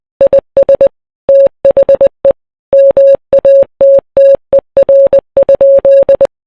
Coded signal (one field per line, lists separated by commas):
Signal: Morse code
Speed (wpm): 20 wpm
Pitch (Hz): 550 Hz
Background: none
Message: IS THE MATTER?